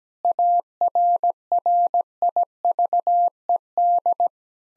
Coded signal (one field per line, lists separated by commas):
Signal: Morse code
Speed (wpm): 17 wpm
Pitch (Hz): 700 Hz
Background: none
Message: ARRIVED